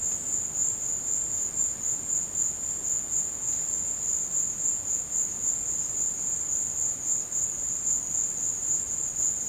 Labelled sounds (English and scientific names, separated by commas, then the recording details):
none
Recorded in dense forest near Puerto Asís, Putumayo, Colombia, on 24 March 2025 at 15:00
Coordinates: 0.481, -76.323
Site G088